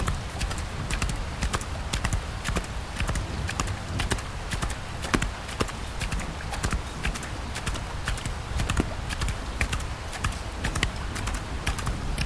A late night horse ride a storm in the distance, deep rolling thunder